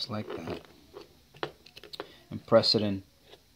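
A microSD card is handled at the card slot of a sports camera, about to be pressed in, while someone talks. Short, sharp plastic taps and ticks sound between the words. Nothing has seated or clicked into the slot yet.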